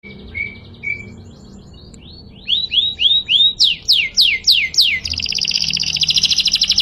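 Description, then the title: Canary song: a few high whistled notes, then a series of rapid down-slurred chirps, ending in a fast buzzy trill. Canary singing the long rolling song style called ngerol panjang. "KENARI NGEROL PANJANG"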